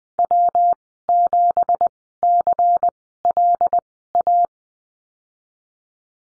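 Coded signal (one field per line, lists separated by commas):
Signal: Morse code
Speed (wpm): 20 wpm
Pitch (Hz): 700 Hz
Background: none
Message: W7CLA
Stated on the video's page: Morse course lesson on the slash in call signs, Farnsworth speed 20/10 wpm.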